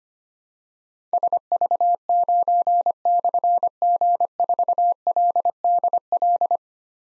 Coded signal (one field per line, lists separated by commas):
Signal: Morse code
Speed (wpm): 25 wpm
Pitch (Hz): 700 Hz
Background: none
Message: SV9/G4LDL